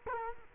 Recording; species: mosquito wingbeat signal from an infrared sensor; Culex quinquefasciatus